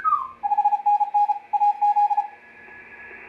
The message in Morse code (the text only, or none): 5NN AZ